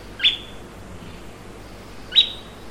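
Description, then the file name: Bird calls: a pair of sharp rising chirps, each trailing into a brief steady high note, spaced about two seconds apart. "SABIOD 50 bird 2015"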